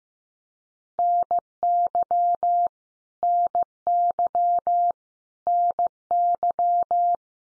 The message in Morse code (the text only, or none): NY NY NY